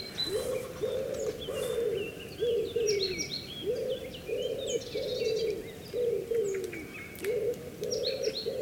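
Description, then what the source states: Common wood pigeon cooing: soft, low, hooting coos in a repeated rhythmic phrase, with thin chirps and twitters of small birds above and a steady background hum. Morning soundscape around 7:15 at Hyvelänjärvi lake, Lohja, Finland.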